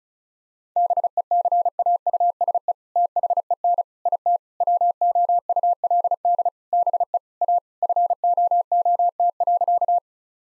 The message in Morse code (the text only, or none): BECAUSE THEN IT WOULD BE A FOOT.